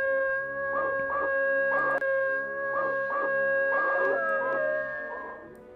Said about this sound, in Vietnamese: Một con chó trắng đang lao vào gốc cây mà cào, nghiến, mặc dù gốc cây không có ai đứng. Bỗng, con chó quay đầu hướng lên cửa sổ của phòng Vân mà tru lên liên hồi dài.